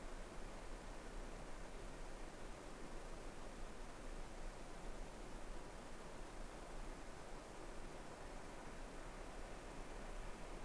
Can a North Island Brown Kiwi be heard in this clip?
no